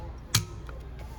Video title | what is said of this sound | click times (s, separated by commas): RAVIN R20, R26 BUILD AND SHOOT💯 | simple it clicks okay | 0.4 s